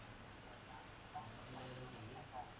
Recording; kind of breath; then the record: one breath in and out by a microphone near the nose and mouth; normal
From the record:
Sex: male